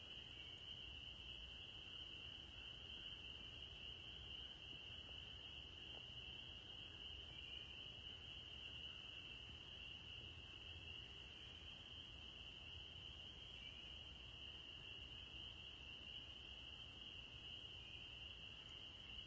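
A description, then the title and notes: Spring peepers call in a dense, unbroken chorus, a bright high band of shrill peeps that holds steady for the whole stretch. Beneath it runs a constant low rumble, and the overall level barely changes from start to finish. The spring peepers have returned.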